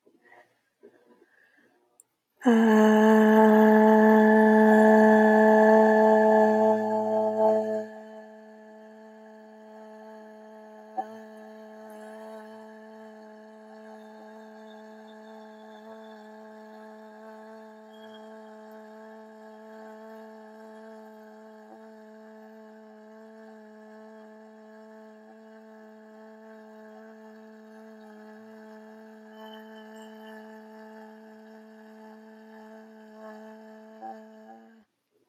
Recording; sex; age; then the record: vowel held as long as possible; female; 20 to 29 years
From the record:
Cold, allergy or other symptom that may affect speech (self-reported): no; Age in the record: 27 years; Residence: Texas, United States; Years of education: 13